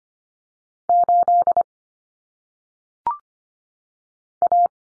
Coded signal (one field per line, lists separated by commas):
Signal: Morse code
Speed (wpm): 25 wpm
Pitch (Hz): 700 Hz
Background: none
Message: 8 A